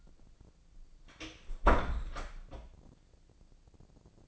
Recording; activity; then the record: daily activity, microphone in the room; close door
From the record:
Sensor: 5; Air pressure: 1009.3 hPa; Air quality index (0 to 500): 168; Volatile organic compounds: 2 ppm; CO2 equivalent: 1284 ppm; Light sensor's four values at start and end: 206/491/208/227 and 206/489/207/226